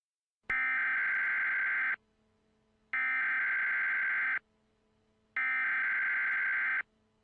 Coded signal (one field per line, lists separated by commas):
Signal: Emergency Alert System (SAME) tones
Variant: header bursts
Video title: Doctor Who - Steven Universe Crossover Episodes - Emergency Alert System #2